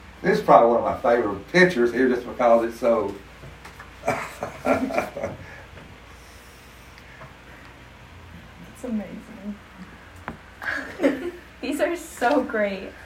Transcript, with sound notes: this is probably one of my favorite pictures here just because it’s so- (laughs)
That’s amazing.
These are so great.